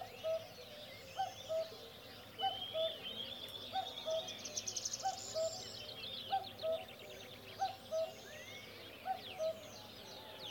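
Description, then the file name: Cuckoo calling a two-note cu-coo, the second note lower, repeated about every 1.3 seconds, with other birds chirping and twittering behind. "minutes of cuckoos"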